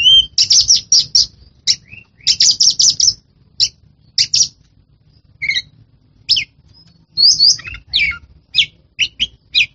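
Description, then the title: Oriental magpie-robin singing in clusters of scratchy, buzzy notes and sharp chirps, with gaps of silence between phrases. A champion bird of this species, in the sense of a contest-winning songbird. "Kicau Burung Kacer Juara"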